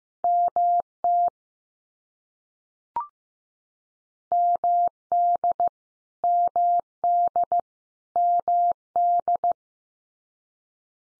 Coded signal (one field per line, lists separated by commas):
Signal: Morse code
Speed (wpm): 15 wpm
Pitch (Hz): 700 Hz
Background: none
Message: MT MD MD MD